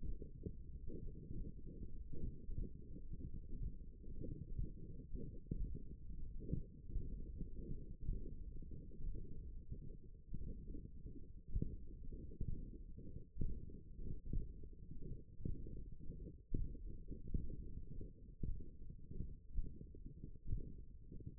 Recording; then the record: forearm muscle sounds (acoustic myography)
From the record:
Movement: finger pinch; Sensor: system 1, eight BSWA MPA416 microphones around the upper forearm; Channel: 7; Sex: male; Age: 23 years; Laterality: right